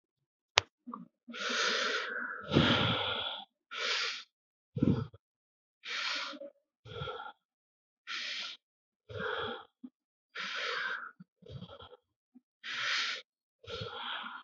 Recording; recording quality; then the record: shallow breathing; excellent, no background noise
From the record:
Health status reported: healthy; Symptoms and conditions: cold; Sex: male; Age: 50 years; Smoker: not ticked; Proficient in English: yes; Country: India